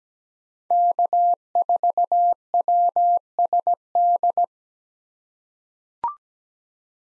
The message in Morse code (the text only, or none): K4WSD